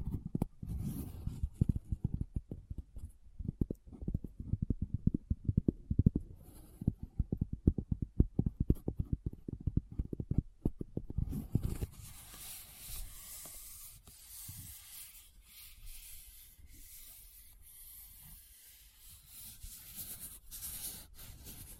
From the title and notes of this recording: ASMR What's In My Bag (No Talking).